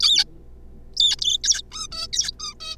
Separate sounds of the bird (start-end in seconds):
0.01-0.24, 0.97-1.16, 1.19-1.21, 1.21-1.38, 1.44-1.62, 1.72-1.88, 1.92-2.07, 2.12-2.31, 2.40-2.54, 2.60-2.76